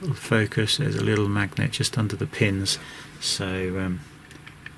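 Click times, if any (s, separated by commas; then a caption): none. A Vantrue E1 dashcam is brought toward its windscreen mount, which has a small magnet under the contact pins, while someone talks. A few faint ticks of handling follow near the end, but nothing has seated or clicked yet.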